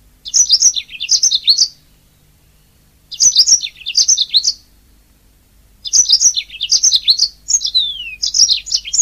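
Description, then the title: Oriental magpie-robin song: three bursts of sweet, varied whistled and warbled notes about one and a half to three seconds long, separated by pauses of over a second, with quick chirps mixed in. "Kicau Kacer"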